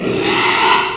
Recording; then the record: squeal of a Yucatan mini pig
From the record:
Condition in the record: after surgery on the right vocal fold (resection and tissue-engineered implant); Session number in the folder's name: 1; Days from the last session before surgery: 6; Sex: male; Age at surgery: 12 weeks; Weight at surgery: 13 kg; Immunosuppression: cyclosporine, prednisolone